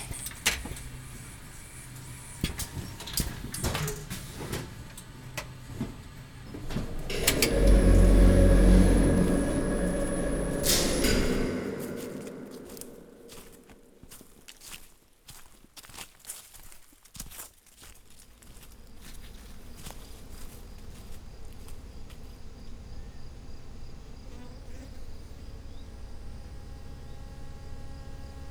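Sounds from chestnut-growing work in an orchard: a loud engine-like rumble swells between about seven and twelve seconds, with a steady high whine, then fades. Scattered clicks and knocks follow over a quieter, buzzing insect-like background that continues to the end.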